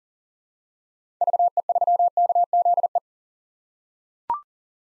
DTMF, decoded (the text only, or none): none